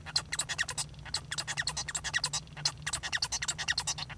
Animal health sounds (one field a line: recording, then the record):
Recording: song of a male Bengalese finch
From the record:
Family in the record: son of father 1